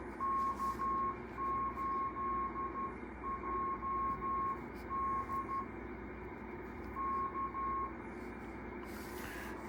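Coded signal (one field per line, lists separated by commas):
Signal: Morse code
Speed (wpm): 12 wpm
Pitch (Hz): 1080 Hz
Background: none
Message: K8JD K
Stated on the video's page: Morse code learning practice at 5 wpm.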